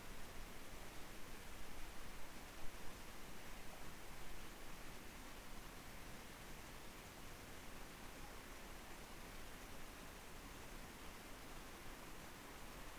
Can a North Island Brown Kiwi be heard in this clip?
no